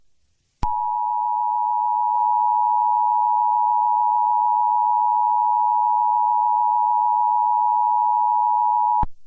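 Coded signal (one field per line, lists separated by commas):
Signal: Emergency Alert System (SAME) tones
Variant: 853 and 960 Hz attention tone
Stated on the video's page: Fictional alert for a zombie outbreak.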